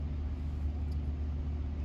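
A plastic two-prong adapter plug is handled at the connector of a Cali Raised color-matched Army Green LED fog light on a 3rd Gen Toyota Tacoma, with a steady low rumble throughout and no distinct click. Nothing has seated or clicked yet; the plug is not home when the clip ends.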